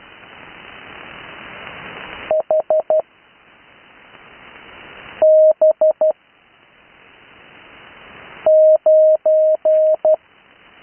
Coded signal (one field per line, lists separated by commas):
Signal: Morse code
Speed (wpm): 12 wpm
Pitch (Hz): 620 Hz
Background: none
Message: HB9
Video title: Learn Morse Code on HF | Live 80m CW | Speed Increase